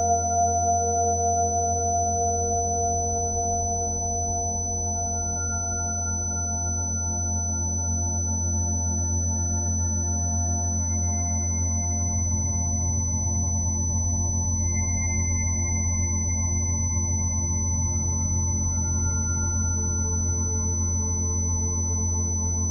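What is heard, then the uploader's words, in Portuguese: A thin, steady high tone at 6000 Hz runs unbroken through the whole clip. Beneath it sits a loud, constant low hum with layered sustained tones, a few higher tones slowly fading in and out, and the overall loudness never changing. Frequência 6000 Hz.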